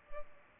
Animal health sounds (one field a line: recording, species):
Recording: mosquito wingbeat signal from an infrared sensor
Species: Culex pipiens